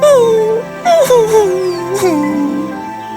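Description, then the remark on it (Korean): A voice imitates the wolf Ergo in a story whimpering and crying, unable to hold back tears: a continuous high, wavering whine that slides downward, broken by a few sharp breathy sobs, moderately loud and with no other talk. “눈물을 도저히 참을 수가 없었던 에르고도 같이 울었어요.”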